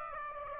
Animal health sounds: mosquito wingbeat signal from an infrared sensor; Aedes aegypti

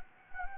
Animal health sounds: mosquito wingbeat signal from an infrared sensor; Anopheles gambiae

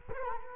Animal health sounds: mosquito wingbeat signal from an infrared sensor; Culex quinquefasciatus

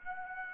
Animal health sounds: mosquito wingbeat signal from an infrared sensor; Aedes aegypti

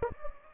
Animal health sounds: mosquito wingbeat signal from an infrared sensor; Anopheles gambiae

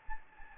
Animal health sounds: mosquito wingbeat signal from an infrared sensor; Anopheles gambiae

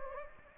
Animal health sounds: mosquito wingbeat signal from an infrared sensor; Anopheles gambiae

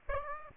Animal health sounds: mosquito wingbeat signal from an infrared sensor; Aedes aegypti

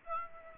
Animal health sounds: mosquito wingbeat signal from an infrared sensor; Aedes aegypti

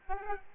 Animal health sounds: mosquito wingbeat signal from an infrared sensor; Aedes albopictus

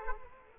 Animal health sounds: mosquito wingbeat signal from an infrared sensor; Culex quinquefasciatus

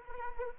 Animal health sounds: mosquito wingbeat signal from an infrared sensor; Anopheles arabiensis

